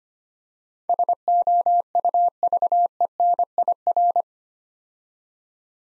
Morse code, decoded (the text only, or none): SOUVENIR